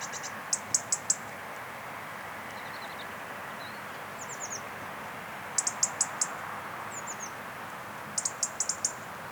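European robin repeating clusters of high, clicky ticks every few seconds, with a few faint thin chirps between them and a constant hiss behind.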